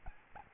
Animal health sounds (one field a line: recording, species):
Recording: mosquito wingbeat signal from an infrared sensor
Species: Aedes albopictus